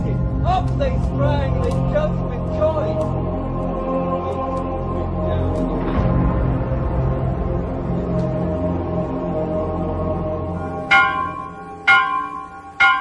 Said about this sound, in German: In der frühen Christenheit ist das Glockenläuten Signal zur Abwehr heidnischer Dämonen.